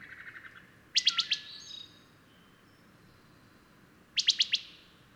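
Bird song of brisk high chirp bursts, four notes each, with a faint twittering before the first and a short whistle after it.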